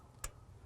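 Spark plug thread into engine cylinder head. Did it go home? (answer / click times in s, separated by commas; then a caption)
yes / 0.2 s. A spark plug in the cylinder head bore of a 2012-2016 Toyota Camry is turned backwards while pressed down. At 0.2 s a single short, bright click sounds as the thread start drops into place, with only faint background noise around it. The plug is seated in the start position, ready to be threaded by hand.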